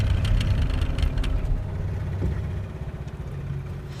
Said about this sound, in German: Scheiß Boot, verdammt! Was? Motorschaden?